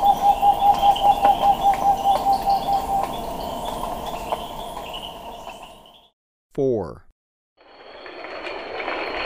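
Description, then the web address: Rufescent screech-owl hooting in a quick, even series of short notes over the first three seconds, with insect hum behind, then a short descending electronic sweep. Recorded in Ecuador. "Birds of Ecuador. Rufescent Screech-Owl"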